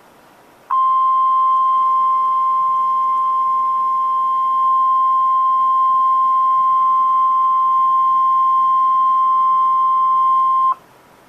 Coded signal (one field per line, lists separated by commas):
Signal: Emergency Alert System (SAME) tones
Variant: 1050 Hz attention tone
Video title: EAS #677: Tornado Warning (5/19/2013)